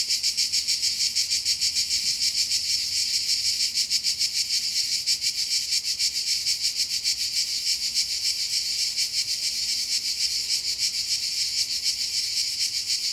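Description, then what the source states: Cicadas singing, a dense unbroken high buzz with fast pulsing throughout. Cicadas at Castelvecchio di Rocca, Liguria, Italy.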